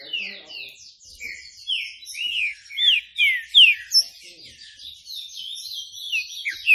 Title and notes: Canto Clássico Trinca Ferro TREINAMENTO. trinca fero